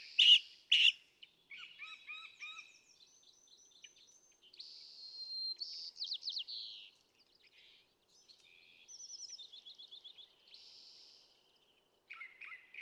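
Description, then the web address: California thrasher song: two loud sharp notes open, followed by softer varied phrases, buzzy slurs and a short rapid trill, with brief pauses. "birdsongforthecurious California Thrasher"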